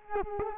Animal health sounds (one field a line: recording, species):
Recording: mosquito wingbeat signal from an infrared sensor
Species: Culex quinquefasciatus